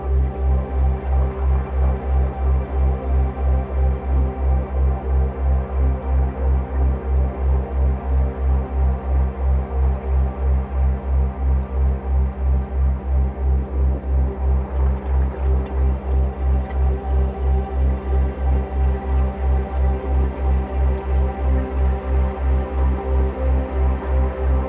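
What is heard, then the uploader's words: A slowed, resonated dishwasher recording becomes a dense, swirling drone with a heavy low throb pulsing rapidly and evenly throughout. Layered sustained tones hover above it, and a brighter wash of swirling texture rises briefly around the middle before settling back. Theraphonia - Bosch Majestic Binaural [C65.4Hz δ 3Hz 120m]. This is a two hour binaural at 3 Hz on a carrier of 65.4 Hz (in the key of C). It's based off a field recording of the full duty cycle of a Bosch Dishwasher, slowed down and resonated into a swirling, evolving drone.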